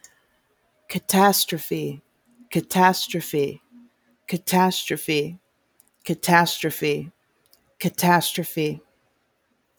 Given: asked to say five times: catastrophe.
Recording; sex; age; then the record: repeated word; female; 40 to 49 years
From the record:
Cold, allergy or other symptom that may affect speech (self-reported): no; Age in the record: 41 years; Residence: Florida, United States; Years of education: 19